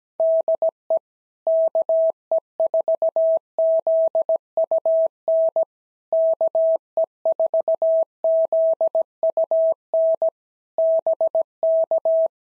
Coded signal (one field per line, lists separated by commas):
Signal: Morse code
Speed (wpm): 17 wpm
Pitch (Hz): 650 Hz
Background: none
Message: DE KE4ZUN KE4ZUN BK